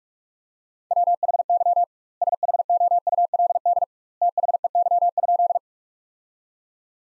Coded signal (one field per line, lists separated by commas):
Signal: Morse code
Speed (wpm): 46 wpm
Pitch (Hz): 700 Hz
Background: none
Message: WHY SHOULD THEY?